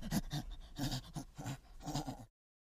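Chimpanzee pant grunts: a quick series of low, breathy huffs in several short bursts, ending abruptly in silence.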